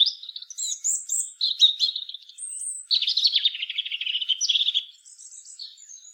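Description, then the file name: European robin singing tumbling liquid phrases, with a longer buzzy trilled passage in the middle before the song fades to soft notes. "Erithacus rubecula"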